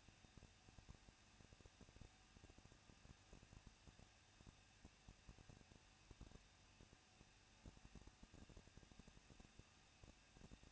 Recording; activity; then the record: daily activity, microphone in the room; no activity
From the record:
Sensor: 2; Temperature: 21.0 degrees Celsius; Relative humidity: 37.3%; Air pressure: 1006.4 hPa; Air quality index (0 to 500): 220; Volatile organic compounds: 23 ppm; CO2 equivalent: 2778 ppm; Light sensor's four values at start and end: 2/3/2/2 and 2/3/2/2